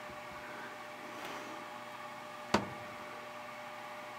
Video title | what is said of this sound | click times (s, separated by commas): Crimp-on PL-259 and N Female Connector Install | I felt it click okay so I'm all the way down on there | 2.5 s